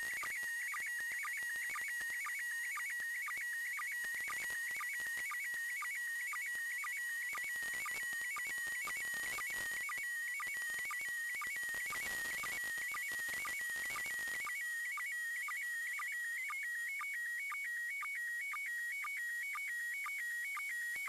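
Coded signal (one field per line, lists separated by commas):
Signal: SSTV (slow-scan television)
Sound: warbling, chirping tone scanning steadily, with a short low blip about twice a second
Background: radio static crackle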